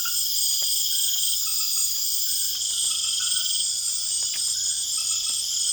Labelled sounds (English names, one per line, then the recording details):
none
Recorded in secondary vegetation near Puerto Asís, Putumayo, Colombia, on 24 June 2025
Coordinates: 0.488, -76.319
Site G094